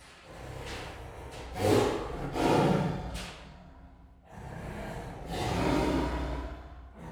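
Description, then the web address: Siberian tiger huffing and snorting in heavy breathy bursts, two clusters of loud exhalations separated by a short pause. Two sister females, captive at Miskolc Zoo, recorded in 2018. "allathangok miskolcizoo 2018 sziberiai tigris ketnostenytestver miskolczoo"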